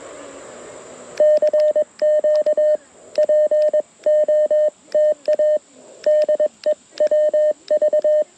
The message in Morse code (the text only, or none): CQ POTA DE WV